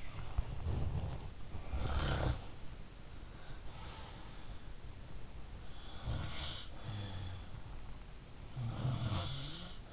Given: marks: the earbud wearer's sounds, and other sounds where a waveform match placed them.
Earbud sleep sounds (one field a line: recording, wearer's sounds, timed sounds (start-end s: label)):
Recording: sounds in sleep by an in-ear microphone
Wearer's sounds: body movement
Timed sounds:
0.00-1.56 s: body movement
1.56-2.47 s: sound from someone else or the room
3.20-4.75 s: sound from someone else or the room
5.88-7.44 s: sound from someone else or the room
8.52-9.65 s: sound from someone else or the room